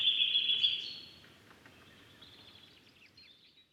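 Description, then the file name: Eurasian nuthatch with a quick run of high piping notes in the first second that then fades, leaving faint scattered bird chirps. "Sitta europaea"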